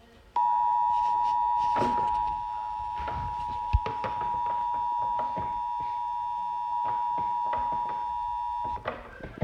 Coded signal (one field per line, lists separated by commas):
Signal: Emergency Alert System (SAME) tones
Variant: 853 and 960 Hz attention tone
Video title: EAS #181 Severe Thunderstorm Warning